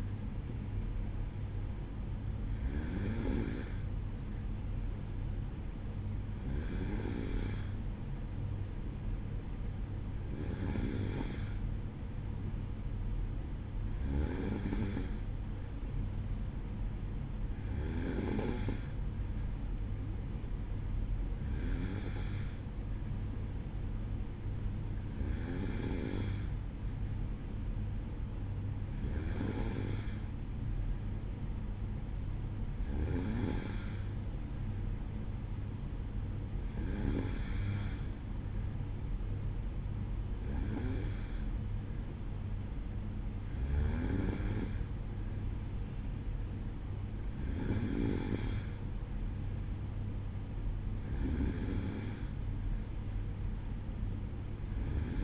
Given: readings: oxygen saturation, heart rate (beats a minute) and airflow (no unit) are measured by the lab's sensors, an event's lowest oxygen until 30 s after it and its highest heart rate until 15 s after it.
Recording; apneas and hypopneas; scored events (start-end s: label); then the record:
breathing in sleep by a smartphone at the bedside; none
none scored
From the record:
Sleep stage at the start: N2 (light sleep); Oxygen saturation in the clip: 93 to 94%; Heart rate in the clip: 52 to 55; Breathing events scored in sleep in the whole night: 305 in 9.6 hours asleep